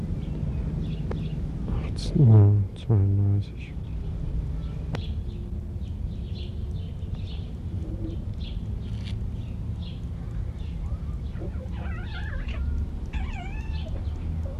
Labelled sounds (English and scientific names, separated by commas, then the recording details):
Corsac Fox (Vulpes corsac)
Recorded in captivity
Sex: group
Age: adult
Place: Zoo Halle, Sachsen-Anhalt, DE
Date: 1976-07-26 18:30
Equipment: Uher CR 210, Sennheiser MD 421 HL, Verstärker, Kopie Uher Variocord
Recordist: Tembrock, Günter